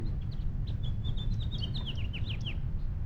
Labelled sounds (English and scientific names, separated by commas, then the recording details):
House Finch (Haemorhous mexicanus) song
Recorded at Lynbrook on Long Island, New York, on 17 June 1975
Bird D